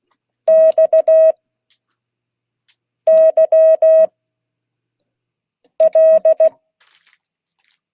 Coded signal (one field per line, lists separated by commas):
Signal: Morse code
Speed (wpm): 16 wpm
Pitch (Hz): 630 Hz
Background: none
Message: XYL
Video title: Monday 2022-08-15 Morse code class